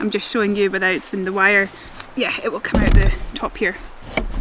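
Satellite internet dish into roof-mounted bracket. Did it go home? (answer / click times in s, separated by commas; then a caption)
no / none. On a van roof, someone handles a satellite internet dish at its roof-mounted bracket, lining up the gap on the bottom of the dish with the small guide points while she talks. Broadband scuffs and a short sharp sound near 4.2 s are heard. The dish is meant to click into the mount, but nothing has seated or clicked yet.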